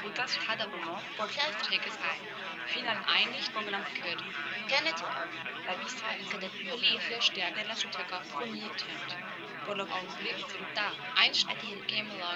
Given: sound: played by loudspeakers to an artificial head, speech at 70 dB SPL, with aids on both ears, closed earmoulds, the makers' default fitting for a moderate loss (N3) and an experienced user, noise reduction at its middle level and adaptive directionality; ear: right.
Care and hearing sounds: speech test signal (ISTS) in cocktail-party noise; -6 dB; on the right (90 degrees)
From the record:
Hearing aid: class 1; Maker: F

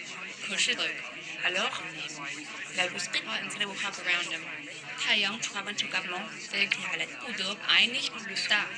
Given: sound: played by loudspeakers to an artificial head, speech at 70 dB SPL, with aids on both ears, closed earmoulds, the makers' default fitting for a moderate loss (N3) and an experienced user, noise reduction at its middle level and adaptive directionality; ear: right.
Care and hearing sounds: speech test signal (ISTS) in cocktail-party noise; +3 dB; in front (0 degrees)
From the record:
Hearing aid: class 2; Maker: G

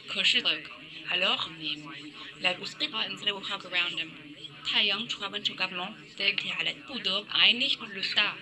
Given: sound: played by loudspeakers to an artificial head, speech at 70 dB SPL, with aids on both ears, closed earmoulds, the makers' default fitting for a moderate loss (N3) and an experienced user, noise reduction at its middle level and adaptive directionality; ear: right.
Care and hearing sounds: speech test signal (ISTS) in cocktail-party noise; +6 dB; on the right (90 degrees)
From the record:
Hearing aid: class 1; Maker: C

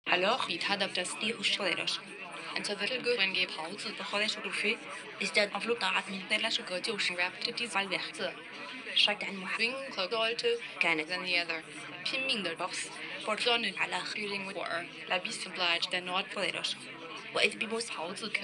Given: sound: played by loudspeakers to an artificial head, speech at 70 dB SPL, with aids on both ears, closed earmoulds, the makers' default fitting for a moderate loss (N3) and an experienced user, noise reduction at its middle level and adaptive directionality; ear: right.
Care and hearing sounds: speech test signal (ISTS) in cocktail-party noise; +3 dB; on the right (90 degrees)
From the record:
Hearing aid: class 2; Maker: I

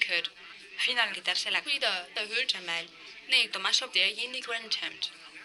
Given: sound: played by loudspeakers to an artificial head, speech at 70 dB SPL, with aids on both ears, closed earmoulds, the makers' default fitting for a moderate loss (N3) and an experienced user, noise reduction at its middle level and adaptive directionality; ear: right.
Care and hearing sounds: speech test signal (ISTS) in cocktail-party noise; +9 dB; in front (0 degrees)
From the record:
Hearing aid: class 2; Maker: B

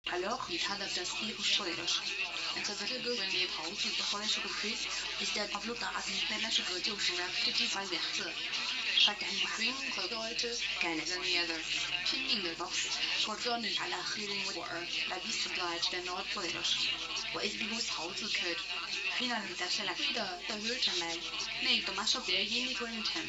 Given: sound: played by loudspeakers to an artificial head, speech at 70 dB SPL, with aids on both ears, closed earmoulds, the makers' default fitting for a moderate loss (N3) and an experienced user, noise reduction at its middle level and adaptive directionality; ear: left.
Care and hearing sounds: speech test signal (ISTS) in cocktail-party noise; +9 dB; on the right (90 degrees)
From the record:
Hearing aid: class 1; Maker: A

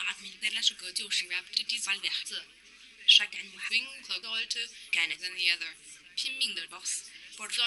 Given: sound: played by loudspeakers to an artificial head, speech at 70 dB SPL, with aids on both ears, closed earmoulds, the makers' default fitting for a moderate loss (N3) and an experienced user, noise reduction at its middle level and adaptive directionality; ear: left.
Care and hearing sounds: speech test signal (ISTS) in cocktail-party noise; +9 dB; in front (0 degrees)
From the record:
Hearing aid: class 2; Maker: J

